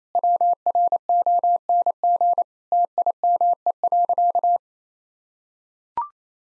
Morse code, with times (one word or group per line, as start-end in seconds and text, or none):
0.1-2.4 WRONG
2.7-4.6 TIME.